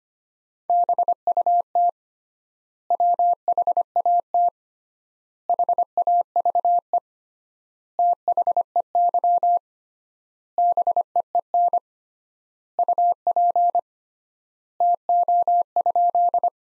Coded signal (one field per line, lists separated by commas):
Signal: Morse code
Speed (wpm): 25 wpm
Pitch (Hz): 700 Hz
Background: none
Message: BUT WHAT HAVE THEY BEEN UP TO?